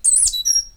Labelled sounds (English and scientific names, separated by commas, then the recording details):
Stitchbird (Notiomystis cincta) song
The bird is a male
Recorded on Tiritiri Matangi Island, New Zealand, in 2005
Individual 8, of nest box 10